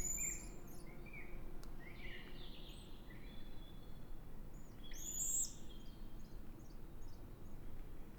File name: Eurasian Pygmy Owl Food pass with various calls of male female nestlings